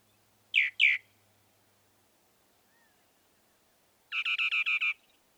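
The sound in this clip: Northern mockingbird song: two sharp sweeping notes, a long pause, then a fast phrase of several repeated syllables.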